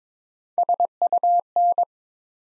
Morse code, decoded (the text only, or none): SUN